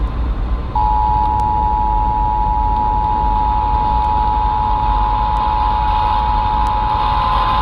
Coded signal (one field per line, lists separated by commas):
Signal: Emergency Alert System (SAME) tones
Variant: 853 and 960 Hz attention tone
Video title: RMT on 720 AM WGN Chicago (EAS #68)